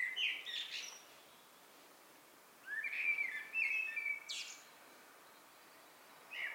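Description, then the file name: Eurasian blackbird singing two mellow fluted phrases, each closing with a thin high twitter, separated by a quiet gap, with a third phrase beginning at the end. "Turdus merula"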